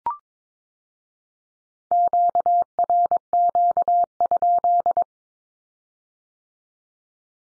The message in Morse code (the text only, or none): QRQ?